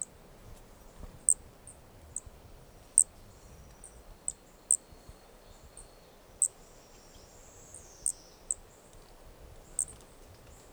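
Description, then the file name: Brachycephalus toadlet: a busy run of sharp, high, chirp-like notes at uneven intervals, plus a faint thin whistle behind. Two individuals (4 and 5) of an unidentified Brachycephalus species recorded at Corcovado; the first two notes of the call are missing. "Brachycephalus sp ind 4 ind 5 Corcovado two starting notes lost"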